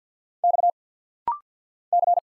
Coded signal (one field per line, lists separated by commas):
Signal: Morse code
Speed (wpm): 50 wpm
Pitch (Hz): 700 Hz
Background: none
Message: X C